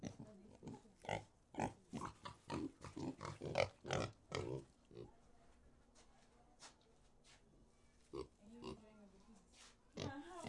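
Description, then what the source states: Pigs grunting in a quick run of short, harsh bursts, then a long lull with only a few grunts afterwards. In a pig sty.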